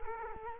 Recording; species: mosquito wingbeat signal from an infrared sensor; Culex quinquefasciatus